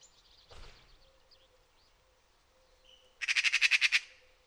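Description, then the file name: Eurasian magpie chatter: a quick burst of harsh, rasping notes near the end, after a fainter noise earlier. "Pica pica"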